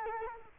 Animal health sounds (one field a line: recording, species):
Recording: mosquito wingbeat signal from an infrared sensor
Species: Culex quinquefasciatus